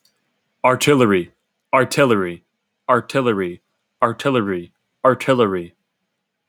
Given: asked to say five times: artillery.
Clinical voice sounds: repeated word; male; 18 to 19 years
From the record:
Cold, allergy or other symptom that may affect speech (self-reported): no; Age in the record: 19 years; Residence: California, United States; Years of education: 13

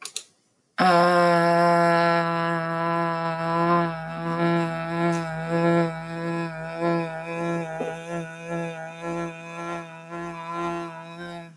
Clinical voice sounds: vowel held as long as possible; female; 30 to 39 years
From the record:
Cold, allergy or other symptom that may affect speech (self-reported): no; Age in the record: 35 years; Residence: United States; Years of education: 12

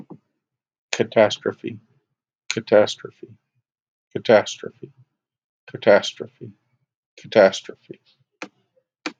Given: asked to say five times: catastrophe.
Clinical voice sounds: repeated word; male; 30 to 39 years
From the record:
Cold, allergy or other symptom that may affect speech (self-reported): no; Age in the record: 38 years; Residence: Pennsylvania, United States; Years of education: 16

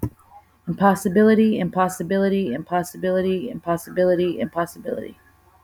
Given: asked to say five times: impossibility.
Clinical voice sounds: repeated word; female; 30 to 39 years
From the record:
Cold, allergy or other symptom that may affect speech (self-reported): no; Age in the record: 31 years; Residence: Texas, United States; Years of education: 14

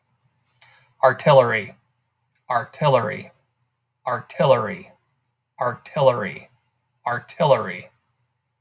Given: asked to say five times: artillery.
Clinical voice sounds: repeated word; male; 50 to 59 years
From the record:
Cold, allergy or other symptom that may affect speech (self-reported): no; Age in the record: 53 years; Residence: Arkansas, United States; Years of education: 19

